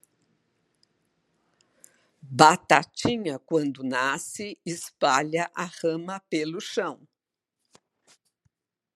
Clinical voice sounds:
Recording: short text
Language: Brazilian Portuguese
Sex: female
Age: 70 to 79 years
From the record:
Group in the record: control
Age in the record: 73 years

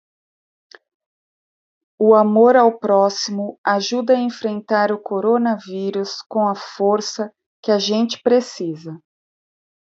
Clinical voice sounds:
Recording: spoken sentence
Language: Brazilian Portuguese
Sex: female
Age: 40 to 49 years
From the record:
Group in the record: control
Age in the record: 49 years

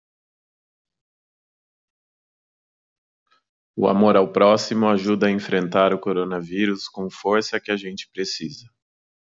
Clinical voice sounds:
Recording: spoken sentence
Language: Brazilian Portuguese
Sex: male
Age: 30 to 39 years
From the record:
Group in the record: control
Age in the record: 35 years

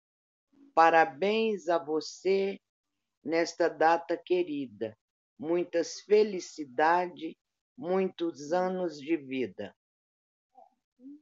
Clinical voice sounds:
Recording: short text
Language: Brazilian Portuguese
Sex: female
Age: 70 to 79 years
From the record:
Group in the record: control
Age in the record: 73 years

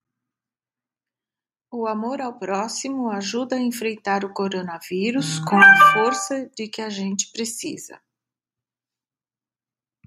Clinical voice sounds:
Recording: spoken sentence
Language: Brazilian Portuguese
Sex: female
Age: 60 to 69 years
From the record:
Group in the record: control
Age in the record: 67 years

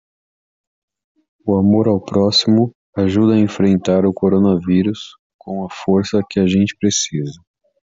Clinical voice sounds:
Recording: spoken sentence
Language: Brazilian Portuguese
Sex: male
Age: 30 to 39 years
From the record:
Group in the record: control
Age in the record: 38 years

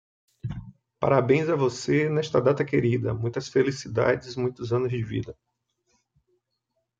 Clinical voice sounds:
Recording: short text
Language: Brazilian Portuguese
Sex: male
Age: 30 to 39 years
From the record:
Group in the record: control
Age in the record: 36 years

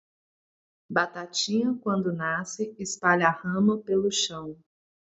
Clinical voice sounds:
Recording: short text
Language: Brazilian Portuguese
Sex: female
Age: 40 to 49 years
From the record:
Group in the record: control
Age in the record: 42 years

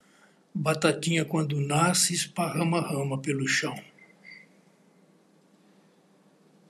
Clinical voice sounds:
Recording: short text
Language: Brazilian Portuguese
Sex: female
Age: 70 to 79 years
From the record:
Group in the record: control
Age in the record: 72 years

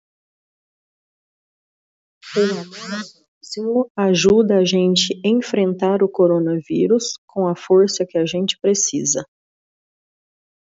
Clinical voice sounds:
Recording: spoken sentence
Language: Brazilian Portuguese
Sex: female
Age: 40 to 49 years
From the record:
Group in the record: control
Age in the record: 41 years

